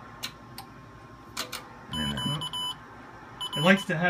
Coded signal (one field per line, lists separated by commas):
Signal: Morse code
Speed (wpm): 20 wpm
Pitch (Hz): 3000 Hz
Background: speech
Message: Q R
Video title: HF autotuner MFJ-998 Intellituner